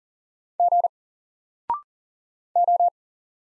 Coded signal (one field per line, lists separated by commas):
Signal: Morse code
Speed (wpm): 40 wpm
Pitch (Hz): 700 Hz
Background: none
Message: G O